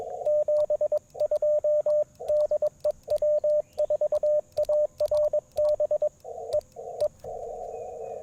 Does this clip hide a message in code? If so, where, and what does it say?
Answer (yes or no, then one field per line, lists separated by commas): yes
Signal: Morse code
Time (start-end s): 0.3-7.1 s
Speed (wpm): 22 wpm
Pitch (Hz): 590 Hz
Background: radio noise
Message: 72 DE W4ARB E E